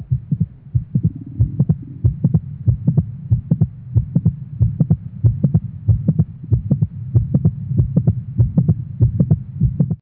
Heart sounds.